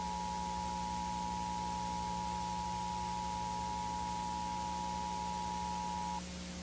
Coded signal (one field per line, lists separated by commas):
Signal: Emergency Alert System (SAME) tones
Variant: 853 and 960 Hz attention tone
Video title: [VHS] EAS Tornado Warning (EAS Mock)